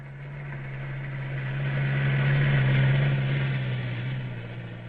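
A low, steady diesel engine drone with a strong bass hum, swelling gradually louder toward the middle and then easing slightly, from a fully loaded diesel bus carrying about 50 passengers approaching a bend in the road.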